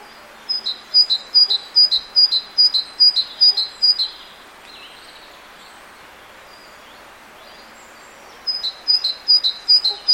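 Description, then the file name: Great tit singing bright two-note phrases in a quick even series, pausing for several seconds amid soft insect-like background noise, then resuming the same rhythmic pattern. "Parus major"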